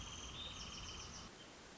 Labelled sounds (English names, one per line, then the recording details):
Wrentit
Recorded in Sonoma County, California